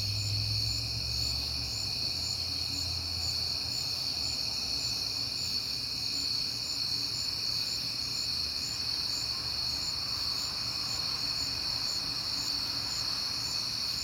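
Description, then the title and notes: Crickets in a steady high-pitched chorus, continuous with a pulsing shimmer, over a low hum that swells early as a car passes. Crickets heard often in September; at night on a peaceful night, with a passing car. "Night Time: Crickets and Passing Cars. It is September and I have been hearing the crickets a lot"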